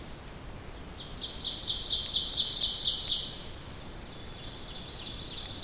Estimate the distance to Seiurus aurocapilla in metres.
about 20 m